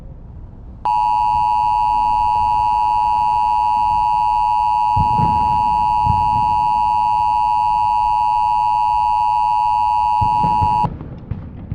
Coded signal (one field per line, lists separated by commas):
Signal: Emergency Alert System (SAME) tones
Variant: 853 and 960 Hz attention tone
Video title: Mini EAS scenario: Hypnotic Fireworks